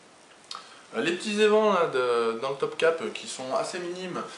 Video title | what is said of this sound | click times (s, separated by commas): fog factory 15 Stingray X black | Ça se verrouille assez facilement, assez rapidement. | 0.5 s